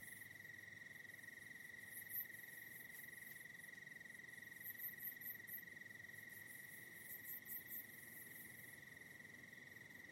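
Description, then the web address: Cricket song held as one constant high trill, joined now and then by short clusters of sharper, very high pulsing insect calls. Night in the Hollywood Hills. "soft night ambience hollywood hills crickets"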